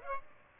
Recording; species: mosquito wingbeat signal from an infrared sensor; Aedes aegypti